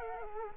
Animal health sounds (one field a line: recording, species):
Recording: mosquito wingbeat signal from an infrared sensor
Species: Culex quinquefasciatus